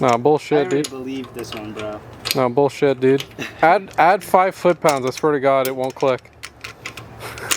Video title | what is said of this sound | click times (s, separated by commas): Installing BC Racing Coilovers on the Black IS300!!! | click baby that's | 6.5 s